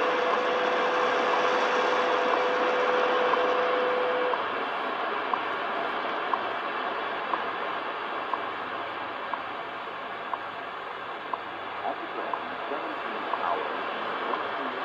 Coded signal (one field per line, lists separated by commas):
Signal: radio time signal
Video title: Multicoupler testing WWV 15 MHz 4 receivers Yaesu FT-450 Icom IC R8500 SDRplay RSPdx Tecsun PL990x